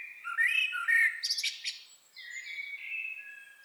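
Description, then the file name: Eurasian blackbird singing a loud mellow warbled phrase that ends in a burst of high squeaky twittering, followed by softer fluty notes. "Turdus merula"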